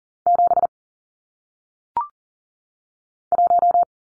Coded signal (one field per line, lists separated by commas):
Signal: Morse code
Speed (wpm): 40 wpm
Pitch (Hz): 700 Hz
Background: none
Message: 7 1